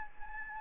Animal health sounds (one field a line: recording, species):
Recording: mosquito wingbeat signal from an infrared sensor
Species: Anopheles gambiae